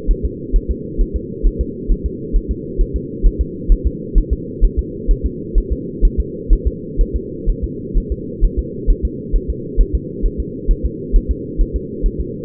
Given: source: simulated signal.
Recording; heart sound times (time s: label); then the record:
fetal heart sounds
0.11 s: S1
0.25 s: S2
0.56 s: S1
0.71 s: S2
1.01 s: S1
1.16 s: S2
1.47 s: S1
1.61 s: S2
1.92 s: S1
2.06 s: S2
2.36 s: S1
2.51 s: S2
2.81 s: S1
2.96 s: S2
3.26 s: S1
3.41 s: S2
3.72 s: S1
3.87 s: S2
4.18 s: S1
4.33 s: S2
4.65 s: S1
4.79 s: S2
5.11 s: S1
5.26 s: S2
5.58 s: S1
5.72 s: S2
6.05 s: S1
6.20 s: S2
6.53 s: S1
6.67 s: S2
7.01 s: S1
7.16 s: S2
7.50 s: S1
7.64 s: S2
7.98 s: S1
8.12 s: S2
8.45 s: S1
8.59 s: S2
8.91 s: S1
9.05 s: S2
9.36 s: S1
9.50 s: S2
9.81 s: S1
9.95 s: S2
10.26 s: S1
10.40 s: S2
10.71 s: S1
10.85 s: S2
11.16 s: S1
11.31 s: S2
11.61 s: S1
11.76 s: S2
12.06 s: S1
12.21 s: S2
From the record:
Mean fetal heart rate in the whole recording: 130 bpm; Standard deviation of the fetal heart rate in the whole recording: 4 bpm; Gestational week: 38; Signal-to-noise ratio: -4.1 dB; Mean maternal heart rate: no maternal heart sound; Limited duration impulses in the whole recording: absent